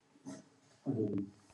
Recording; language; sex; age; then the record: short text; Brazilian Portuguese; female; 60 to 69 years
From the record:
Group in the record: control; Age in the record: 69 years